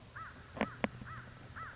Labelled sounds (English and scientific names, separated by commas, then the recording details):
American Crow (Corvus brachyrhynchos)
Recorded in Sonoma County, California